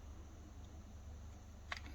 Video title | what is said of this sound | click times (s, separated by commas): makita ratchet 1 year review and fix | slide it back in there there we go see it clicks right in nice | 1.7 s